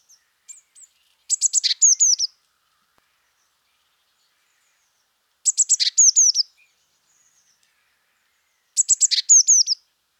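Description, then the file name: Eurasian blue tit giving three bursts of rapid sharp ticks ending in falling whistled notes, repeated roughly every three to four seconds against otherwise quiet background. "Cyanistes caeruleus"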